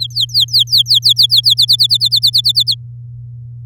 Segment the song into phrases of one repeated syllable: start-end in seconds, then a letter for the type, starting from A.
0.00-1.54 A, 1.57-2.75 B